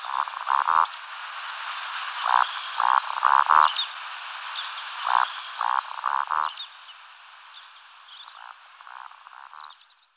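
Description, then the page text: Eurasian woodcock calls: low croaking grunts in short bursts, some followed by a sharp, high squeaky 'tsiwick' note, repeated irregularly over a steady background hiss. "Голоса птиц Европы - Вальдшнеп"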